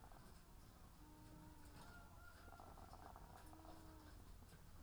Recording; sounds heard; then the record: poultry house recording; sick chickens (respiratory disease)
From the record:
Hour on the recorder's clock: 18